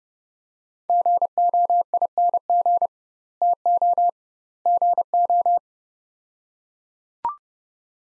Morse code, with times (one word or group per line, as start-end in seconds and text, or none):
0.9-2.9 GOING
3.4-4.1 TO
4.7-5.6 GO